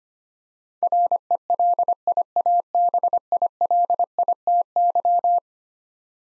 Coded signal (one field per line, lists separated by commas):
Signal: Morse code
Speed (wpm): 25 wpm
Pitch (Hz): 700 Hz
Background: none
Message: RELIABILITY